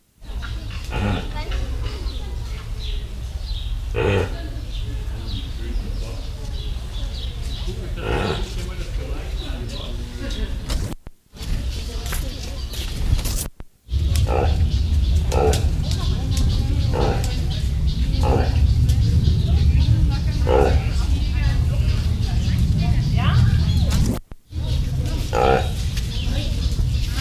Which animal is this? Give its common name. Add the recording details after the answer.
Reindeer. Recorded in captivity. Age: juvenile. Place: Tierpark Berlin, Berlin, DE. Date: 1972-08-12. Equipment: Uher 4200 Report Stereo, Sennheiser MD 421, Verstärker 1. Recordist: Tembrock, Günter